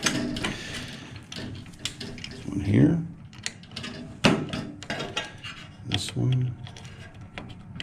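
Wiring harness plugs are handled near a fireplace's new control board, with its screws already back in, while someone talks. Short taps and rattles of the plugs and wires are heard, the sharpest near 4.3 s. Nothing has seated or clicked into the board yet.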